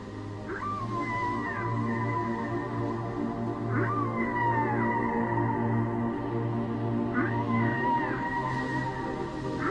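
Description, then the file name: Whale song with repeated descending, swooping tonal calls, recurring about every three seconds over a steady low hum. "Chant des baleines - whales singing"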